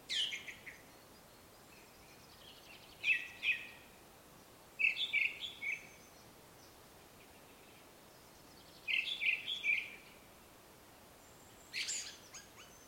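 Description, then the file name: Ring ouzel song: short phrases of two to four clear, piping notes repeated a few seconds apart, mixed with brief scratchy chatter, over quiet background hiss. Song recorded in Slovakia with an Olympus LS-11 portable recorder. "Turdus Torquatus Song Slovakia"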